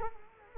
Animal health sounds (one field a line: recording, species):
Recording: mosquito wingbeat signal from an infrared sensor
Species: Culex quinquefasciatus